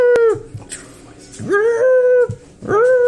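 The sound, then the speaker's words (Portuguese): During a tabletop role-playing game session, a voice imitates a ship's alarm siren: three loud wailing tones, each sliding up in pitch and then holding steady, with brief gaps between them. “Aquela sirene que tava.”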